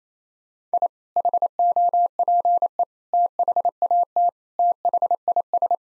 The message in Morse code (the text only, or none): I HOPE THAT THIS